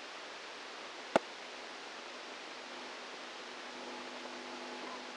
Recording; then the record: brain microelectrode recording played as sound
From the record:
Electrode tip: outside the subthalamic nucleus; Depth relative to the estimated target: 4 mm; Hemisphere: right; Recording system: NeuroSet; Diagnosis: Parkinson's disease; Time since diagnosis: 8 years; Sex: male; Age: 59 years